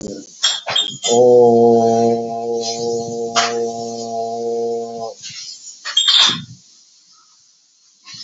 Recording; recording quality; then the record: sustained vowel as in boot; moderate, slight background noise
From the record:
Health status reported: healthy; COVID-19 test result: negative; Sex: male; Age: 53 years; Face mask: not worn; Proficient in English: yes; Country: India